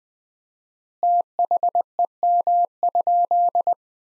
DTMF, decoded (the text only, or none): none